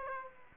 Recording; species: mosquito wingbeat signal from an infrared sensor; Aedes aegypti